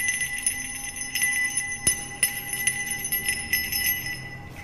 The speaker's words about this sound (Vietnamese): Một hồi thầy dừng lại, lấy từ trong tay nải ra một cái chuông nhỏ, có lẽ được đúc bằng đồng thau đen sao. Thầy bắt đầu rung chuông, vang lên những tiếng lanh lảnh.